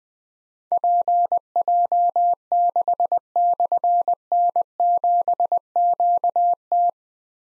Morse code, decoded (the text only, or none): PJ6/N7QT